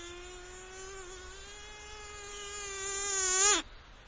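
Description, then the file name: Mosquito buzz: a steady thin whine with rich overtones, slowly swelling louder, its pitch wavering just before it cuts off abruptly near the end. "Komar"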